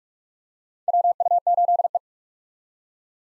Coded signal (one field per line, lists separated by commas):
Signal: Morse code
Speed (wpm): 46 wpm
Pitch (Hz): 700 Hz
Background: none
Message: WU8E